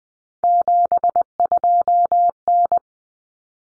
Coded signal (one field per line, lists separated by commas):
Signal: Morse code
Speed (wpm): 20 wpm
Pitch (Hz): 700 Hz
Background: none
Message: 72N